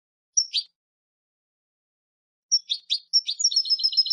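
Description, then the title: European goldfinch twittering: a single sharp chirp, a pause, then a quickening run of bright metallic notes breaking into a fast trill. "Jilguero"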